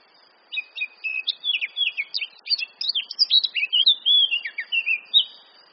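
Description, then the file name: Eurasian blackcap singing a rapid run of chattering, twittering notes that slides into richer fluted whistles in the second half, then stops. "Sylvia atricapilla"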